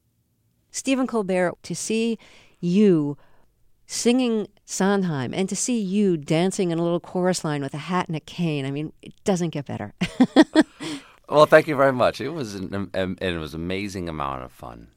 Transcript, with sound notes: Stephen Colbert, to see you singing Sondheim and to see you dancing in a little chorus line with a hat and a cane. I mean, it doesn't get better.
(LAUGHTER)
Well, thank you very much. It was - and it was an amazing amount of fun.